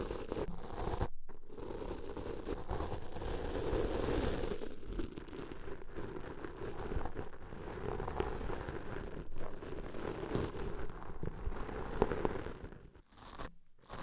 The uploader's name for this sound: Deep Ear Cleaning